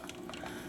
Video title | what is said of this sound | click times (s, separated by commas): Transformers G1 Technobots..Scattershot..Original VS Knock -Off..Series | Boom, it snapped right in, you can hear that too, bam. | 0.1 s